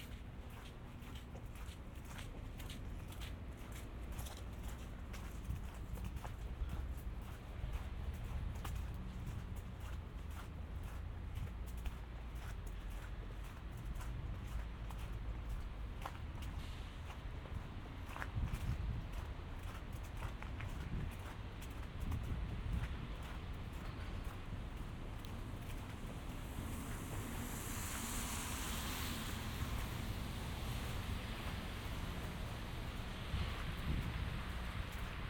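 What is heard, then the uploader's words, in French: Footsteps crunch through snow on a winter walk in Montreal, a quick, steady series of crisp ticks over a constant low rumble of traffic and wind. Around 27 to 30 seconds a brighter hiss swells briefly, and the steps continue throughout. Balade binaural dans le Montréal de l'hiver. Marcher dans la neige.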